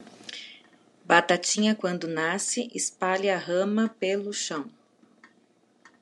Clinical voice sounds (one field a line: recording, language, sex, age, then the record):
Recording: short text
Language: Brazilian Portuguese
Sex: female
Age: 40 to 49 years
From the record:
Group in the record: control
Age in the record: 46 years